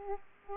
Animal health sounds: mosquito wingbeat signal from an infrared sensor; Aedes aegypti

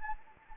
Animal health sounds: mosquito wingbeat signal from an infrared sensor; Anopheles arabiensis

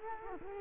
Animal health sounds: mosquito wingbeat signal from an infrared sensor; Culex quinquefasciatus

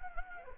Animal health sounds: mosquito wingbeat signal from an infrared sensor; Anopheles gambiae

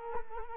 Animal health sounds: mosquito wingbeat signal from an infrared sensor; Culex quinquefasciatus

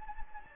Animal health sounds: mosquito wingbeat signal from an infrared sensor; Anopheles gambiae

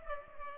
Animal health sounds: mosquito wingbeat signal from an infrared sensor; Culex pipiens

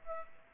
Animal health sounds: mosquito wingbeat signal from an infrared sensor; Aedes aegypti

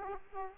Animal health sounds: mosquito wingbeat signal from an infrared sensor; Aedes aegypti

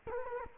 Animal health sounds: mosquito wingbeat signal from an infrared sensor; Culex quinquefasciatus

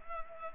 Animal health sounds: mosquito wingbeat signal from an infrared sensor; Culex pipiens

